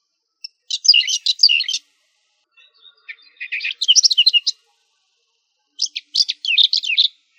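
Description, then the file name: Whinchat song in three brief phrases of rapid, scratchy, varied notes, with gaps between them. "chekan lugovojj"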